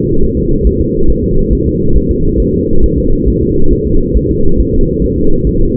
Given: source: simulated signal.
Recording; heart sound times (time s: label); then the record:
fetal heart sounds
0.24 s: S1
0.38 s: S2
0.67 s: S1
0.81 s: S2
1.10 s: S1
1.24 s: S2
1.53 s: S1
1.67 s: S2
1.97 s: S1
2.11 s: S2
2.40 s: S1
2.54 s: S2
2.84 s: S1
2.98 s: S2
3.28 s: S1
3.42 s: S2
3.73 s: S1
3.87 s: S2
4.17 s: S1
4.31 s: S2
4.60 s: S1
4.74 s: S2
5.04 s: S1
5.18 s: S2
5.47 s: S1
5.61 s: S2
From the record:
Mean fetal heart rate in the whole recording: 140 bpm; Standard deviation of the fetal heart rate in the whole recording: 2 bpm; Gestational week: 34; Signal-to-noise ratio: -19.1 dB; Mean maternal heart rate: 72 bpm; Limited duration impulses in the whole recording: present